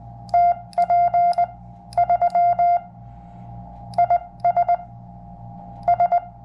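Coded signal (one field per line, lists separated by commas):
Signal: Morse code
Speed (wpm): 20 wpm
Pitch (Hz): 700 Hz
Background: none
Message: TP 3 IS S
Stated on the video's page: Sent with a BaMaKey TP-III paddle at 25 wpm, a portable paddle suited to Summits on the Air, keyed into a QRP dummy load.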